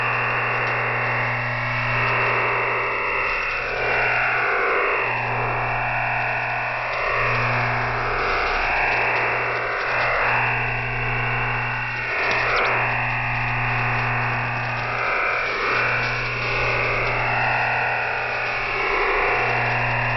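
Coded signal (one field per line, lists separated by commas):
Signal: digital SSTV (DRM)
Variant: EasyDRF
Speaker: The constant buzzing sound of our EasyDRF broadcast begins in 5 seconds.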